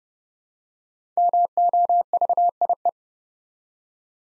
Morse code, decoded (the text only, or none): MOVIE